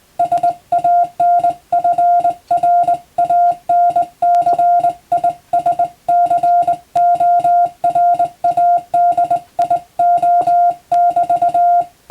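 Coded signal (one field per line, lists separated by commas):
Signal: Morse code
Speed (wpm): 20 wpm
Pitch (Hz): 700 Hz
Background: music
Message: SANFRANCISCORADIO <BT>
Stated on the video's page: Morse reception practice using telegram practice texts for radio operator training, also for amateur radio receiving practice.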